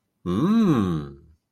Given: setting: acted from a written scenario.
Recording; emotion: vocal sound without words; interest